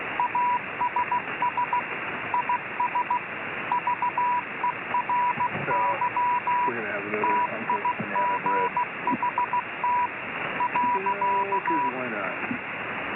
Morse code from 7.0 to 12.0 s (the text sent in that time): TIGHT .